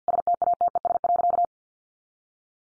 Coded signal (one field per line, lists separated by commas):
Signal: Morse code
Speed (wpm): 50 wpm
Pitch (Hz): 700 Hz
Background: none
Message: STATES.